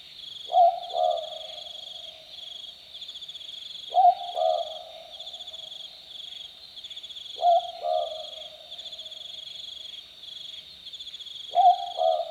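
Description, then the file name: Southern boobook calling a clear, low two-note boo-book, the second note slightly lower, repeated roughly every three and a half seconds over a constant shrill insect chorus. Recorded on a summer night at 22:18 on 17 February 2014. "22 h 18 m 42 s 17 feb 2014 summer-night 1-boobook"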